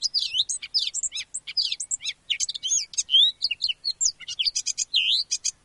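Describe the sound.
Eurasian blackcap pouring out a fast, varied warble of chirps, rattles and looping whistled notes, nearly unbroken throughout.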